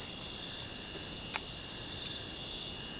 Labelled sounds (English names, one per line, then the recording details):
none
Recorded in secondary vegetation near Puerto Asís, Putumayo, Colombia, on 26 December 2024 at 03:30
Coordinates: 0.499, -76.323
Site G010